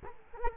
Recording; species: mosquito wingbeat signal from an infrared sensor; Culex quinquefasciatus